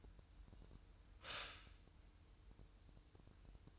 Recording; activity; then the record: daily activity, microphone in the room; stop toaster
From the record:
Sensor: 2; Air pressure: 988.4 hPa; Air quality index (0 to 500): 191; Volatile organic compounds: 185 ppm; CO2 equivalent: 4160 ppm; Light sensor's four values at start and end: 20/68/27/25 and 20/68/26/25